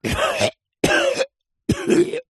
Human male man cough.